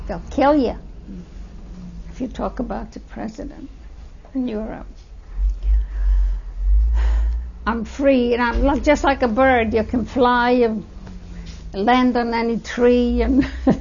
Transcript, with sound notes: They'll kill you if you talk about your president in Europe. ( she sighs ) I'm free. I"m just like a bird. You can fly and land on any tree, and